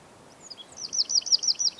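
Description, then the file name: Eurasian wren giving a short burst of very high, quick repeated notes that grow louder toward the end. "Troglodytes troglodytes"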